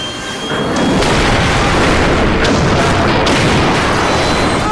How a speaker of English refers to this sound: It's working! The hover wagon is moving forward! It's going to crash through the wall!